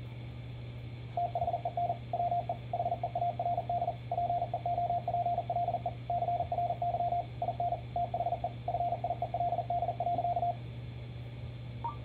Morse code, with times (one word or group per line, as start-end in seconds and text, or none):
1.2-1.9 THEN
2.1-2.5 WE
2.7-3.9 HEARD
4.1-5.9 PEOPLE
6.1-7.2 CRY
7.4-7.7 IN
8.0-8.5 THE
8.7-10.5 FIELD.